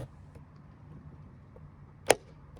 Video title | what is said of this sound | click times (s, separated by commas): How to Replace Wing Mirror Puddle Lights - Ford Mondeo MK5 / Ford Fusion | Insert one side into its locating slot first, then gently press the other side until it clicks securely into place. | 2.1 s